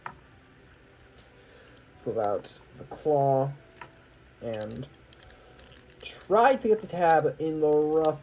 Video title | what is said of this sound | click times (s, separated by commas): Transformers (2007 Movie) Deluxe Brawl Review | it's somewhat locks into place | 0.1 s